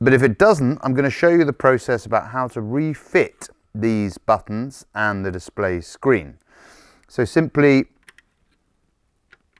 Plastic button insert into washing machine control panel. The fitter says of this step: tabs and then make sure you get that satisfying click, to ensure